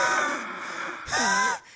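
An adult imitates asthmatic breathing: a wheezy, strained exhalation with musical tones, like the shortness of breath of an asthma attack.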